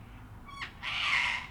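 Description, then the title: Sulphur-crested cockatoo call: a brief whistled note from another bird, then a long grating screech filling the second half. Many cockatoos with other birds on a typical evening in Canberra, Australia, in April 2020 during lockdown. "An Evening in Canberra (Feat. 500 Cockies)"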